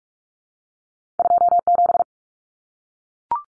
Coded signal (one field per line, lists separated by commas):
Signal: Morse code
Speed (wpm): 44 wpm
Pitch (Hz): 700 Hz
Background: none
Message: 27